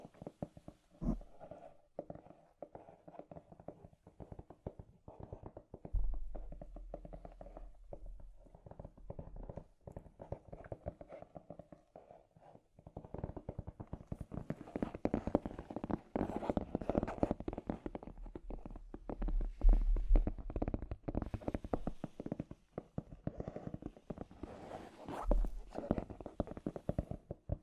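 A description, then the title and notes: Scratchy tapping, a dense run of quick, irregular taps and scrapes with a rough, papery texture. It stays busy throughout, growing louder and brighter from about 14 to 21 seconds and again near 25 seconds, over a low rumbling hum that comes and goes. ASMR The Trigger You Need for Sleep Scratchy Tapping (No Talking).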